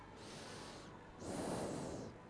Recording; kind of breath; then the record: one breath in and out by a microphone near the nose and mouth; normal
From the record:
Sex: male